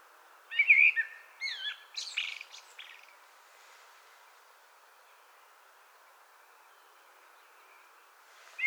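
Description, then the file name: Common blackbird song: a rich fluted phrase that ends in a high, squeaky twitter, followed by a long quiet stretch and the start of another phrase. "Turdus merula"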